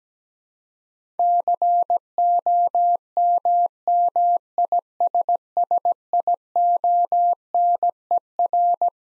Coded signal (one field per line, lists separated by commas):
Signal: Morse code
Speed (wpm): 17 wpm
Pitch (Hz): 700 Hz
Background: none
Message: COMMISSIONER